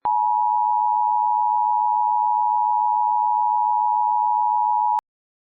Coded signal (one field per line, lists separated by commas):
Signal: Emergency Alert System (SAME) tones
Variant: 853 and 960 Hz attention tone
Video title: EAS Scenario: The Commander